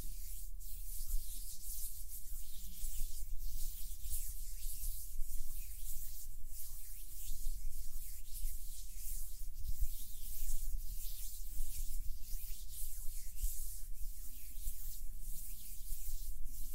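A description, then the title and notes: Hands rub together in a steady, soft rhythm, each stroke a dry hiss that swells and fades about once per second for the full seventeen seconds. The sound is bright and airy, with a faint low rumble underneath and no pauses. HAND SOUNDS + SOFT HAND MOVEMENS.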